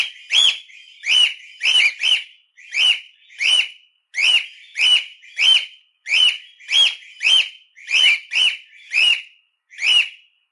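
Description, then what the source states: Cockatiel song: a run of many short, sharp whistled notes at an uneven pace. Harlequin (pied) cockatiel singing.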